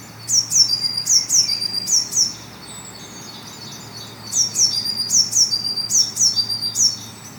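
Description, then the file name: Eurasian blue tit calling in two bursts of high, sharp notes that drop in pitch and end in brief buzzy trills. "Cyanistes caeruleus"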